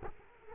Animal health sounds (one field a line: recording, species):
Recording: mosquito wingbeat signal from an infrared sensor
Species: Culex quinquefasciatus